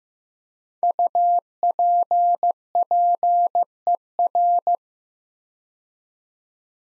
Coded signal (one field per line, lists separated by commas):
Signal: Morse code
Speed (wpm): 15 wpm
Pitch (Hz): 700 Hz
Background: none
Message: UPPER